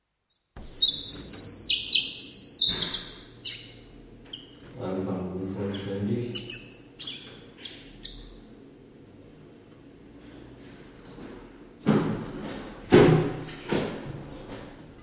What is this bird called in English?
Common Chiffchaff